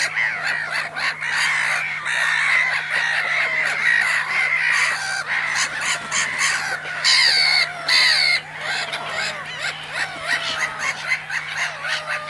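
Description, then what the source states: Gulls crying loudly and often, harsh calls tumbling over one another in a busy colony din, a low hum beneath. Loud seagulls at a cormorant nesting site, recorded in mono with a DPA microphone.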